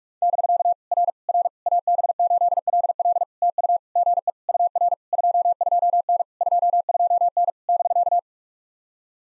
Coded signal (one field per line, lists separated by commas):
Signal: Morse code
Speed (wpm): 44 wpm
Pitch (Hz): 690 Hz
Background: none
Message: <BK> R R AB8LL TU GE UR 22N 22N <BK>